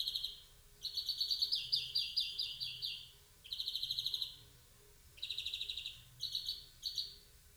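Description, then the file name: European greenfinch giving rapid trilled, twittering call bursts, some lasting over a second, with short pauses between runs. "Chloris chloris"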